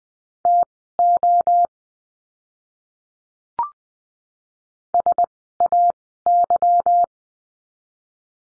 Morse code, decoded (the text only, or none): TO SAY